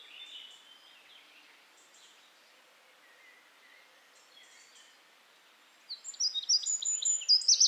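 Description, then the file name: Eurasian wren song: faint high twittering for several seconds, then a sudden loud burst of rapid, shrill trilled notes at the end. "Troglodytes troglodytes"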